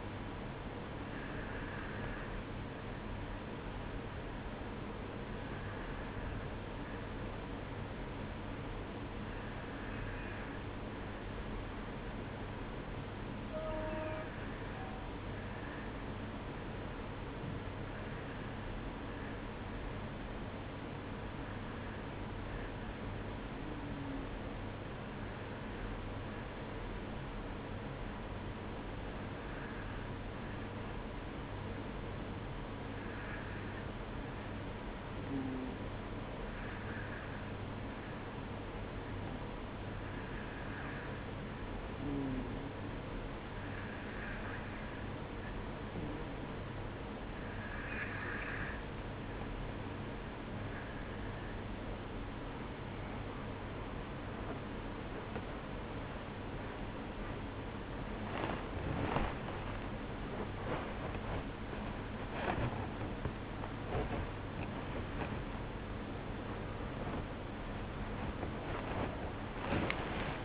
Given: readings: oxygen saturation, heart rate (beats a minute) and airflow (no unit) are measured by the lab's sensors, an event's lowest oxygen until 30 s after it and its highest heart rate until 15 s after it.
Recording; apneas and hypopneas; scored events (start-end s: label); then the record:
breathing in sleep by a voice recorder at the bedside; 1
6.00-66.00 s: new sleep stage, N2 (light sleep)
16.00-53.60 s: hypopnea (N2, oxygen 94% highest, then 93% lowest, heart rate 53 at the start, 74 highest)
66.00-70.45 s: new sleep stage, N1 (lightest sleep)
From the record:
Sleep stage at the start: N1 (lightest sleep); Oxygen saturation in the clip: 93 to 95%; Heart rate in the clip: 51 to 75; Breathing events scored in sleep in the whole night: 305 in 9.6 hours asleep